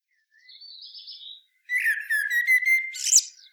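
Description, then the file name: Common blackbird phrase: a thin high note, then a steady fluty whistle overlaid with quick chattering notes, ending in a sharp screechy squeak. "Turdus merula"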